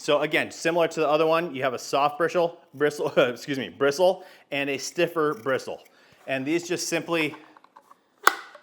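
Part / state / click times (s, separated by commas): bristle brush attachment onto shop vacuum crevice tool / seated / 8.3 s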